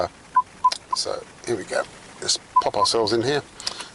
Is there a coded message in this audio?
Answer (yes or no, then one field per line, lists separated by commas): no